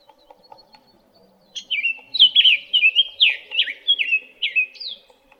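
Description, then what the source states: Summer tanager song: a run of rich, slurred whistled phrases, rising and falling, in quick succession over faint low background sounds. Recorded in Arizona on 13 April 2008.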